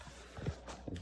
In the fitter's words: and twist it to the right to click until it clicks and then that's it.